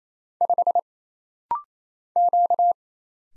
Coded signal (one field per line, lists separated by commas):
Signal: Morse code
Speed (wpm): 28 wpm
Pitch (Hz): 700 Hz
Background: none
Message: 5 Q